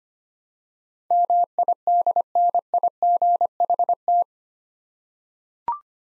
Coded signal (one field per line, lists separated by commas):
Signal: Morse code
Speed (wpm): 25 wpm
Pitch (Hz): 700 Hz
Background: none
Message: MIDNIGHT